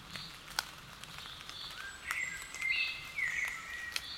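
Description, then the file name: Common blackbird song: a mellow warbled phrase of fluty, sliding notes lasting over a second, with sharp clicks around it. "Turdus merula"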